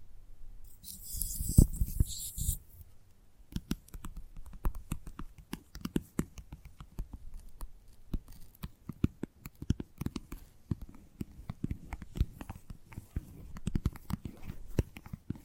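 Gentle tapping in quick, irregular clusters runs throughout, with a brief bright hiss near the start before the soft, low taps settle in.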